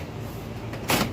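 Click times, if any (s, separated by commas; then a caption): 0.9 s. A resin shed wall panel is set into the notches and grooves at its base and pushed back until it locks. Low, steady background rumble runs through most of the clip, then a single sharp broadband hit sounds at 0.9 s. The panel locks into place.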